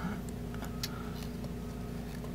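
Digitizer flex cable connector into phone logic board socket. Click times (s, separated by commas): 0.8 s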